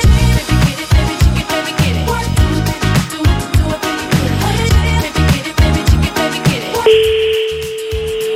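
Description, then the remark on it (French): A lively, rhythmic burst of music gives way to a steady, unbroken telephone line tone humming at one pitch for the last second or so, as a call is placed to somewhere in France. “Et ça sonne. J'entends la sonnerie.”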